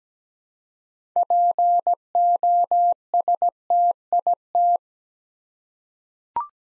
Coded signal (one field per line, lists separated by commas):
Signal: Morse code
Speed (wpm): 17 wpm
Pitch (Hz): 700 Hz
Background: none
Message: POSTIT